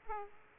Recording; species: mosquito wingbeat signal from an infrared sensor; Aedes aegypti